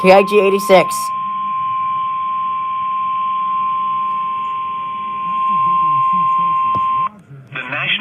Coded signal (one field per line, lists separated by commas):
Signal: Emergency Alert System (SAME) tones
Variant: 1050 Hz attention tone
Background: speech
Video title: Memory Lane Monday; EAS Severe T’storm Warning 5/21/22 (Credit Goes To @SouthernPennsylvaniaWX)